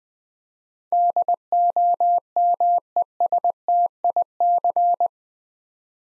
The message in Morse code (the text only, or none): DOMESTIC